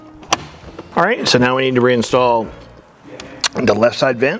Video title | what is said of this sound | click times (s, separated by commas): Porsche Cayenne Mr 12 Volt Apple Carplay and Android Auto Install! - Mr 12 Volt Install! | and they are keyed so you can't put them on incorrectly and gently put them back on until you hear click | 0.3 s